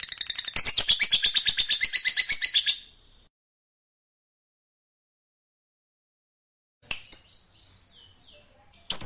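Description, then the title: Lovebird in rapid rattling chatter, high and buzzy, ending after three seconds; brief scratchy notes follow, then a final shrill outburst. Fighter lovebird singing energetically (gacor). "SUARA Lovebird FIGHTER GACOR"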